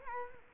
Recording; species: mosquito wingbeat signal from an infrared sensor; Culex quinquefasciatus